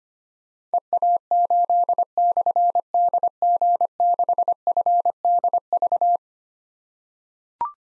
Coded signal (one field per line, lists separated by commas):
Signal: Morse code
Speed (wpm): 25 wpm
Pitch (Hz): 700 Hz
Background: none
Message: EA8/DG6FDV